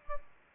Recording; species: mosquito wingbeat signal from an infrared sensor; Aedes aegypti